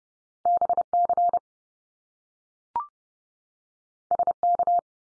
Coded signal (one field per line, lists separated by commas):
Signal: Morse code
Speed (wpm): 30 wpm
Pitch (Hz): 700 Hz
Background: none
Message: BC SK